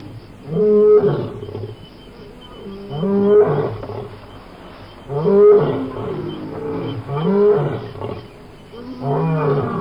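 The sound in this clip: Lion giving deep, harmonic grunting roars in bouts about every two seconds, each swelling and fading, with a faint background hum.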